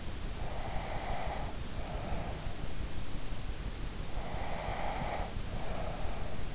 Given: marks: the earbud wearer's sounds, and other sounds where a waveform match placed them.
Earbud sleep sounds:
sounds in sleep by an in-ear microphone; breath
0.43-2.39 s: breath
4.15-6.34 s: breath

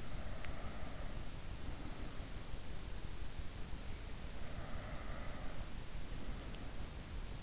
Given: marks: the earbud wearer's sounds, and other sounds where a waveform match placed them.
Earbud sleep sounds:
sounds in sleep by an in-ear microphone; breath
0.00-2.50 s: breath
4.58-5.91 s: breath

